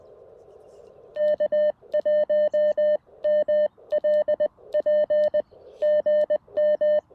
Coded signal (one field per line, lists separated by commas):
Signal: Morse code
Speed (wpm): 20 wpm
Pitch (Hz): 590 Hz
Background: none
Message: K1MLP GM